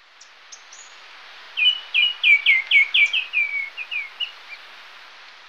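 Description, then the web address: White-winged becard song: a series of many clear whistled notes, each sliding downward, softening toward the end, with faint high chips before. Ecuador. "Natures Songs S America Birds of Ecuador White-winged Becard"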